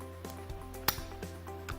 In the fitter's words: lock very positive swivel it around to any convenient position just clicks in place really positive quick